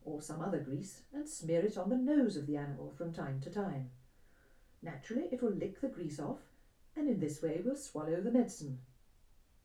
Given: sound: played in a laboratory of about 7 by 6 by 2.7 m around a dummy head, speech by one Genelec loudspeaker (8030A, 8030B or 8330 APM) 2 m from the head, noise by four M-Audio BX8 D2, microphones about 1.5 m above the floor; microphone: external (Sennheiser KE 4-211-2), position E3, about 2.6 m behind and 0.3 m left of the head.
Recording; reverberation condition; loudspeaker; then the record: female speech in English; low; 90 degrees to the left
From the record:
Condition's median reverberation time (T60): about 310 ms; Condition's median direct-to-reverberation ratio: about 3.5 dB